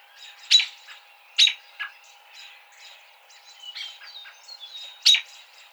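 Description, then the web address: American robin calls: sharp, abrupt notes at irregular intervals, with assorted thin chirps and whistles throughout. Recorded on 29 March 2007. "American Robin 2007 03 29"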